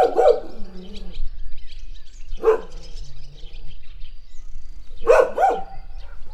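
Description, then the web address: Dog giving three short vocal bursts a couple of seconds apart, with faint bird chirps behind. Dog wagging its tail, recorded outdoors at Egerszög. "allathangok termeszetben kutya farkcsovalva fecskek egerszog"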